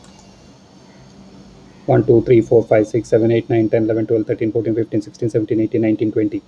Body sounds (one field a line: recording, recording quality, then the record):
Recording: counting at a fast pace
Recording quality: excellent, no background noise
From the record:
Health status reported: healthy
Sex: male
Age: 53 years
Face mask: not worn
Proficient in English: yes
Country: India